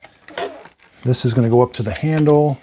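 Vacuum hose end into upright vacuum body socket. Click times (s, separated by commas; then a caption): 0.4 s. The plastic hose end of a Shark Rotator upright vacuum is pushed into its socket on the body and snaps into place with a short click at 0.4 s. After a few faint knocks, someone talks.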